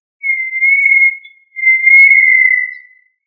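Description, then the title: Tinamou whistling two long, even notes in quick succession, the second easing slightly downward at its end, over otherwise silent surroundings. "Familia Tinamidae - Quail - Puyuh"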